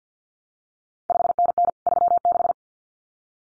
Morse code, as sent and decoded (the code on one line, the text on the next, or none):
..... -. -. / ...-- -....
5NN 36